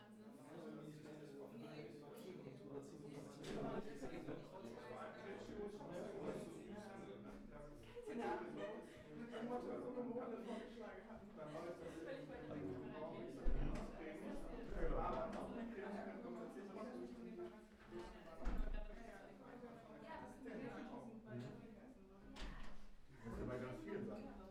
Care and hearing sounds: everyday scene through a hearing-aid microphone; many people talking; many voices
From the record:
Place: bistro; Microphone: behind the ear, right, front

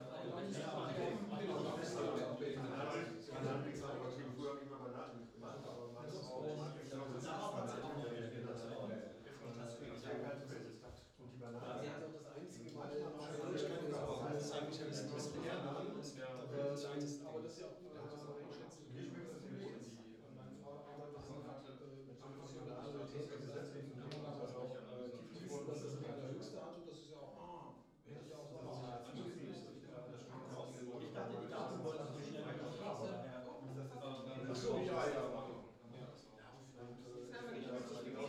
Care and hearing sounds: everyday scene through a hearing-aid microphone; many people talking; many voices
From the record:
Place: bistro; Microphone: in the ear canal, left

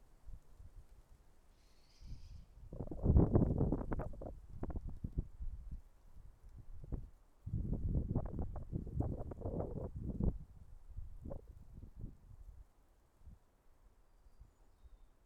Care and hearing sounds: everyday scene through a hearing-aid microphone; wind on the microphone; wind, traffic, birds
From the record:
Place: suburban garden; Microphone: behind the ear, left, front

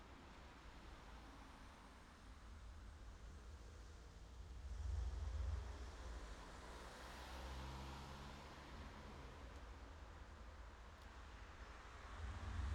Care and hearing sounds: everyday scene through a hearing-aid microphone; in traffic; traffic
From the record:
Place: city secondary road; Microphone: in the ear canal, left

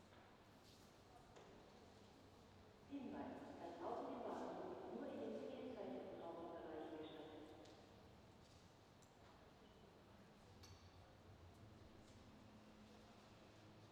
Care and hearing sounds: everyday scene through a hearing-aid microphone; reverberant space; announcement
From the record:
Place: railway station hall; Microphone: in the ear canal, left

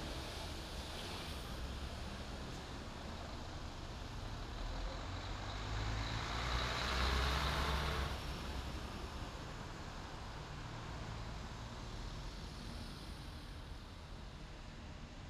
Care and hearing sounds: everyday scene through a hearing-aid microphone; in traffic; traffic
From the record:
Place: main city hub, rush hour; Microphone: in the ear canal, left

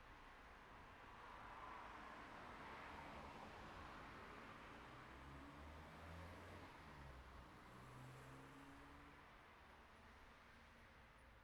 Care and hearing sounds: everyday scene through a hearing-aid microphone; in traffic; traffic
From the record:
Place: city secondary road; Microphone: behind the ear, right, rear

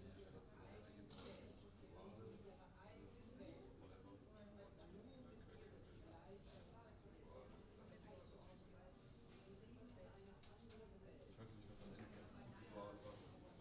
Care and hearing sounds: everyday scene through a hearing-aid microphone; many people talking; many voices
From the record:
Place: university cafeteria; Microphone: in the ear canal, right

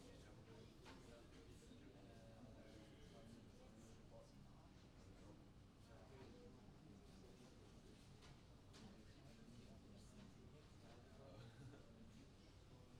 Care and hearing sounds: everyday scene through a hearing-aid microphone; many people talking; many voices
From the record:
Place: university cafeteria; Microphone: in the ear canal, right

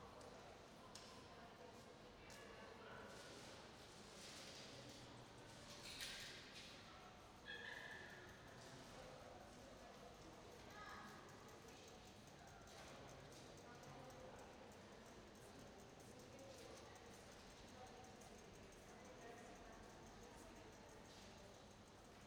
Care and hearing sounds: everyday scene through a hearing-aid microphone; reverberant space; background noise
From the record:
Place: railway station hall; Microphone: in the ear canal, right

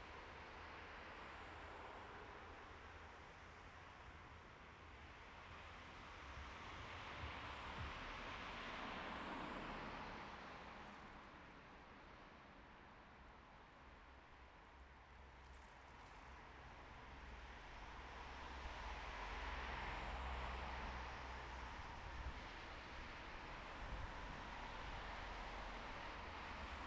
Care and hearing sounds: everyday scene through a hearing-aid microphone; in traffic; traffic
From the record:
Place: bus stop on a city main road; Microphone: behind the ear, right, rear

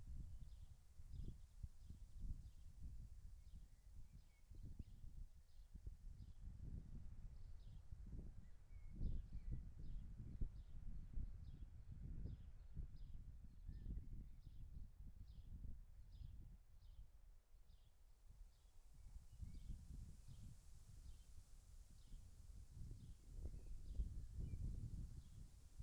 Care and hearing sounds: everyday scene through a hearing-aid microphone; wind on the microphone; wind, birds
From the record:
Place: in front of a rural house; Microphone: behind the ear, left, rear

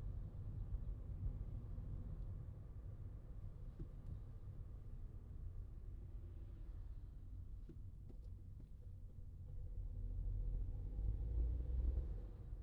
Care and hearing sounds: everyday scene through a hearing-aid microphone; in a vehicle; engine, traffic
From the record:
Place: Skoda Fabia, gasoline engine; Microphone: in the ear canal, left

